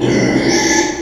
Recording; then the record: squeal of a Yucatan mini pig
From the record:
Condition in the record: before surgery on the right vocal fold (resection and tissue-engineered implant); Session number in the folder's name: 1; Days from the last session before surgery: -3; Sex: male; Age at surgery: 12 weeks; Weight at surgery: 13 kg